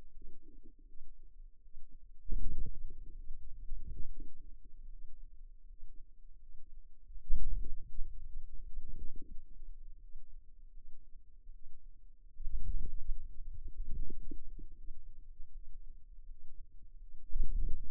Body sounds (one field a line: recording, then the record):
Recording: forearm muscle sounds (acoustic myography)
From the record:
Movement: hand closing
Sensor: system 2, bracelet of six BSWA MPA416 microphones around the upper forearm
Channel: 2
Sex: female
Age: 23 years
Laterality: right